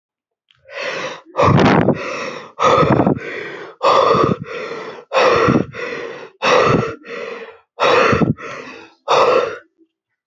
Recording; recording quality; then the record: shallow breathing; moderate, slight background noise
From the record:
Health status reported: healthy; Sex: male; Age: 23 years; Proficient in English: yes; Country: India